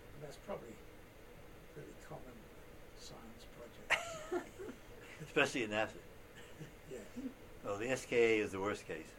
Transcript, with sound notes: That's probably pretty common in science projects. [laughter]
Especially in NASA. The SKA is the worst case.